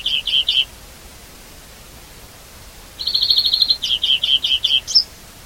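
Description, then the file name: European greenfinch with a short burst of chirps, a pause of silence, then a quick buzzing trill running into a rolling string of bright notes ending on a high note. "Chloris chloris"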